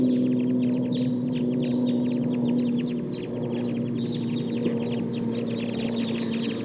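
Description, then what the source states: Red Crossbill flock calls, a dense rapid stream of short chipping notes from several birds, overlapping continuously above a steady low hum. Wild flock of about 11 birds getting ready to fly, thought to sound like type 2.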